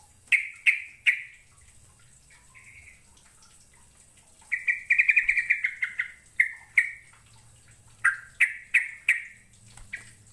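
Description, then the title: Bird chirps scattered throughout, broken by a fast trilled run of chirps in the middle and a cluster of sharp chirps near the end. "Kicau Burung"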